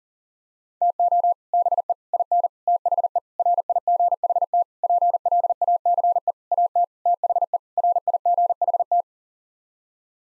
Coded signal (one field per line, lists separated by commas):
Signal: Morse code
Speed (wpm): 40 wpm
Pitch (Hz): 700 Hz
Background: none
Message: TO BE IN THE RIGHT PLACE AT THE RIGHT